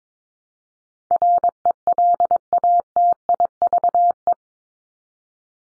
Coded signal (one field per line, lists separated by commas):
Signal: Morse code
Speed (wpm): 22 wpm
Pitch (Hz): 700 Hz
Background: none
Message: RELATIVE